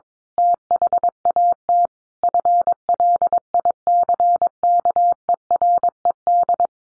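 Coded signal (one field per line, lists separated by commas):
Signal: Morse code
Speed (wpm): 22 wpm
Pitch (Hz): 700 Hz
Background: none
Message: THAT FLICKERED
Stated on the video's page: Morse head-copy practice at 22 wpm, sentences sent in Morse, then spoken, then sent again.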